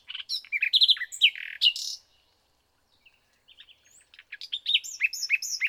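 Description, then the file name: Common nightingale song with dense, varied chirping and buzzy notes, a brief pause, then a fresh phrase of rising and falling whistles. "Luscinia megarhynchos"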